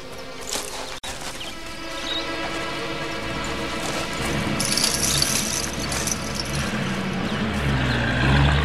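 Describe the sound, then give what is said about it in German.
A truck engine rumbles steadily in the distance as the truck drives away, a low droning growl with hissy noise on top that thickens and grows slightly louder over the seconds, with a brief knock early on. “Sie hörten Motorenlärm in der Ferne. Ein Lastwagen fuhr weg.”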